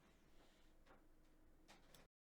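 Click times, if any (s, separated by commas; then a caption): none. An RGB RAM module is handled at a motherboard DIMM memory slot, where it should snap in so it is locked in tight. Only light ticking handling noise with a few brief sharp transients is heard, including one at about 1.9 s, before the clip cuts to silence. Nothing has seated or clicked yet.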